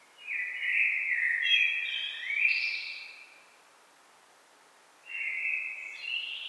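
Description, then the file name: Common blackbird with a long, flowing warbled phrase topped by high squeaky notes, then a pause and the start of a second phrase. "Turdus merula"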